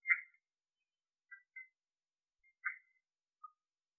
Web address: phyllomedusidae Agalychnis-callidryas